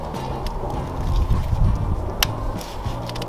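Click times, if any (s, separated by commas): 2.2 s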